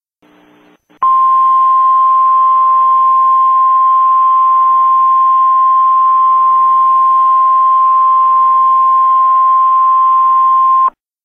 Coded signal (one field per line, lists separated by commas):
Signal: Emergency Alert System (SAME) tones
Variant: 1050 Hz attention tone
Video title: FOX 51 is counducting a test of the EAS